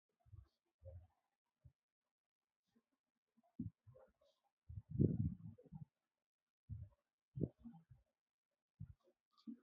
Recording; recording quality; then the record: shallow breathing; excellent, no background noise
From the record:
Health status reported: healthy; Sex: male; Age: 21 years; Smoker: yes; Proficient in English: yes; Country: India